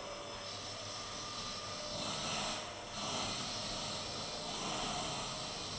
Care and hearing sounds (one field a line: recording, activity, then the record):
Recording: daily activity, microphone in the room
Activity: vacuum cleaning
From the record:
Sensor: 4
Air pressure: 1000.1 hPa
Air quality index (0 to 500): 232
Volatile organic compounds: 32 ppm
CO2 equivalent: 2992 ppm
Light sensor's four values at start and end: 9/21/8/8 and 9/21/8/8